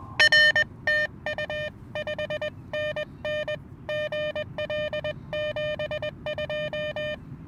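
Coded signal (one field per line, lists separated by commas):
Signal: Morse code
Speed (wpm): 20 wpm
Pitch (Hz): 590 Hz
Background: none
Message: R TU 5NN GL 72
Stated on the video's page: POTA park activation with challenging propagation, Elecraft KX2 keyed with KXPD2 paddles, homebrew end-fed random wire antenna.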